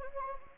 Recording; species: mosquito wingbeat signal from an infrared sensor; Anopheles gambiae